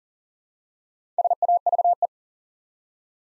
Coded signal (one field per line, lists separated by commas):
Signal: Morse code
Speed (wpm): 38 wpm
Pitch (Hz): 700 Hz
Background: none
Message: SAVE